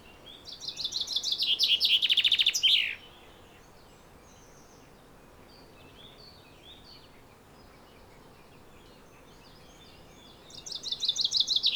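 Common chaffinch singing a fast, cascading trill that drops in pitch and ends with a flourish, a quiet pause with bird notes, then another phrase starting.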